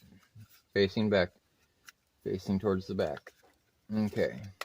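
The plastic door lock and window switch panel of a 1998 Dodge Ram 1500 is handled against the plastic door trim bezel, facing towards the back, while someone talks. Only faint handling noises and a brief small tick near 1.9 s are heard between the speech. Nothing has seated or clicked yet.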